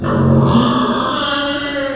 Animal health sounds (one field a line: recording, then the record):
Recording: squeal of a Yucatan mini pig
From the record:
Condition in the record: after surgery on the right vocal fold (resection and tissue-engineered implant)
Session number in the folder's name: 15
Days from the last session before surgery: 175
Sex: female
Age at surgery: 19 weeks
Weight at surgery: 25 kg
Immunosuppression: prednisolone